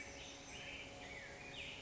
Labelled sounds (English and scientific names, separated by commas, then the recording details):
Black-headed Grosbeak (Pheucticus melanocephalus)
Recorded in Sonoma County, California